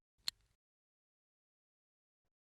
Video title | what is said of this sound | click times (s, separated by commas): Omnitrope - SurePal | then pull it gently until you hear or feel it click into place | 0.3 s